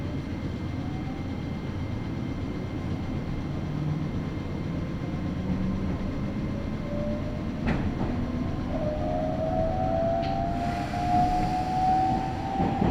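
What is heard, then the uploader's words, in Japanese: A train rolls along with a steady, dense low rumble that barely changes across the ride. A faint whine rises slowly in pitch from about the middle, and brief clanks come around eight and ten seconds, followed by a light hiss near the end. ガタンゴトンの旅 名古屋鉄道 阿久比→内海 普通。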